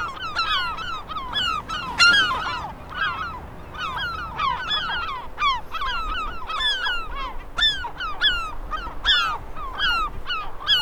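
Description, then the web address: Gull: a noisy flock of gulls repeatedly gives sharp, falling, nasal calls that overlap throughout, with one louder burst of calls near the start. "seagulls"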